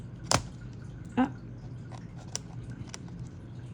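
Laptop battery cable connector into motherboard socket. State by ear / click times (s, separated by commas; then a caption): not seated / none. A battery cable connector is handled over its socket on the motherboard of a Dell 7490 laptop, about to be pressed down so it is fully seated and won't pop off during use. Faint handling noise is heard with sharp ticks near 0.3, 2.4 and 2.9 seconds and a brief rustle around 1.2 seconds. Nothing has seated or clicked yet.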